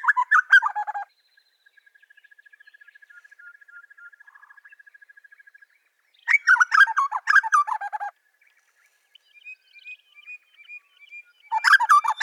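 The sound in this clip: Grey butcherbird with harsh chattering phrases broken by a long series of fast, soft, evenly repeated ticking notes and a thin whistle.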